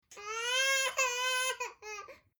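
A baby's loud, tonal cry of two sustained wails near 400–500 Hz with rich overtones, followed by shorter falling whimpers. The pitch is steady and full-voiced, the typical sound of an ordinary infant cry.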